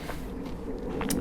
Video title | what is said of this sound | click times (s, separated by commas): Valve Adjustment on a Honda Hornet CB600 Motorbike | it's not unknown for them to jump so it will pull the pin you heard the click | 1.0 s, 1.1 s